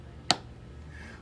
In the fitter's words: once you hear that click or feel the click then right from that spot if you go in the forward direction you're going to be perfectly in the line of draw